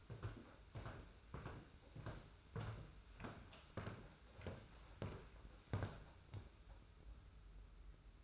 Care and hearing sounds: daily activity, microphone in the room; walk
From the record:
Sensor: 2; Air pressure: 991.5 hPa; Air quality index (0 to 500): 187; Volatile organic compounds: 1000 ppm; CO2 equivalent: 6118 ppm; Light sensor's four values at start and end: 29/91/35/34 and 29/86/34/32

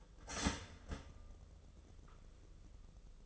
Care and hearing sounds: daily activity, microphone in the room; start toaster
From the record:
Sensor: 4

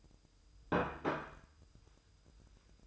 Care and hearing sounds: daily activity, microphone in the room; place plate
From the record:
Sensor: 2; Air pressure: 988.5 hPa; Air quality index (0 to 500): 192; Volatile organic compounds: 188 ppm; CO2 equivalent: 4172 ppm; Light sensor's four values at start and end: 19/65/25/24 and 19/64/25/24

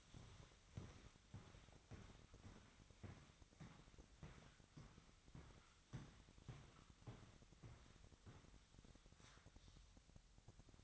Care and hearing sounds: daily activity, microphone in the room; walk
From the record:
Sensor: 3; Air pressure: 1001.6 hPa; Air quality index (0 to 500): 226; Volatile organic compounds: 32 ppm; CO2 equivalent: 3009 ppm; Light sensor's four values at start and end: 11/31/14/12 and 12/37/16/13

